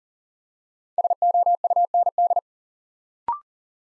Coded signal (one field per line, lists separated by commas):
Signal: Morse code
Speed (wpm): 37 wpm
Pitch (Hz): 700 Hz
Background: none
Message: SOUND